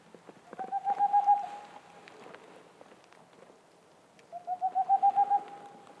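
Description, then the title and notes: Boreal owl song, two short rolling bursts of fast, mellow hoots that swell slightly in loudness, separated by a few seconds of low rustling noise. Male singing near a black woodpecker nest hole; mountains near the Mediterranean, 2 April 2019, 20:15; homemade parabolic dish, two omnidirectional mics, MixPre-3; heard after nearly two hours' wait. "Une chouette pas si boréale. 02 avril 2019-20h15-en montagne. la Tengmalm boréale ( Aegolius funereus) , pas si boréale que cela car nous sommes aux portes de la méditerranée"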